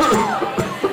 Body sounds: coughing mixed with background sound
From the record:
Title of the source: Mid-morning Winter Coughing Fit

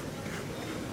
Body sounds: coughing mixed with background sound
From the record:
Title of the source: 30 Chesty and wet cough

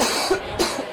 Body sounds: coughing mixed with background sound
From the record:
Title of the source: 61 morning phlegmy cough...again

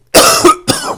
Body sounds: coughing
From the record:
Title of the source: Coughing 79

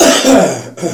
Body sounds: coughing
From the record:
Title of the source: Residual Phlegmy Morning Coughing and Gagging

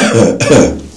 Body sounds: coughing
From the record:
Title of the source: Spring Cold Coughing.

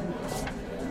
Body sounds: background sound without coughing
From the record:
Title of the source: 60 minutes of coffee shop sounds for study and concentration

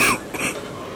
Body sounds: coughing mixed with background sound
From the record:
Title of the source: 31 night wet cough

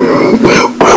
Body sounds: coughing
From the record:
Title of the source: Coughing 77

